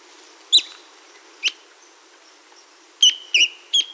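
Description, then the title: Ferruginous antbird calls: isolated sharp high notes, then a tight cluster of three wavering, slurred calls near the end. "LuckyPassaro Completos2Sama. Ferruginous Antbird (Drymophila ferruginea)"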